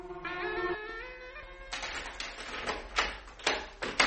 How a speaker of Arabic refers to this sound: مين؟ مين اللي فتح الباب؟